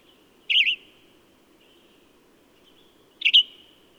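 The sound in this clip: Bird song: two short warbled chirps nearly three seconds apart, with a faint low hum throughout.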